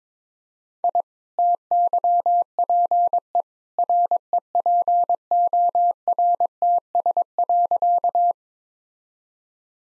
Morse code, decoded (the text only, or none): I TYPE REPORTS.